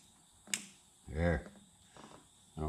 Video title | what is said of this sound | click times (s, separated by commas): Mustang Deluxe Heated Seat Install #mustangseats #denniskirk @MustangSeats | know if you heard that snap or not but it popped in there and then check the back | 0.5 s